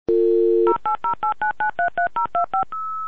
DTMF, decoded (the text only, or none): 08089933025